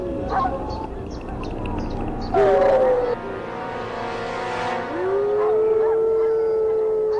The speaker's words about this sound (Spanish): Pero luego los lobos de Sean responden con el aullido correcto, exactamente como lo harían los lobos salvajes.